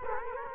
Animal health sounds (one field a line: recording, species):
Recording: mosquito wingbeat signal from an infrared sensor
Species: Culex quinquefasciatus